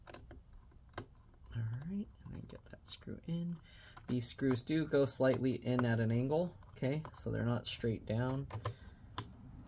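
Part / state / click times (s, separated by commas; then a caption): laptop screw into threaded screw mount / seated / 9.2 s. A screw in a Dell Latitude 7400 2-in-1 laptop, which goes in slightly at an angle, is twisted backwards in its threaded screw mount while someone talks over faint ticks. At 9.2 s a sharp click is heard as the screw drops into the start of the thread and seats.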